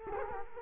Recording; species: mosquito wingbeat signal from an infrared sensor; Culex quinquefasciatus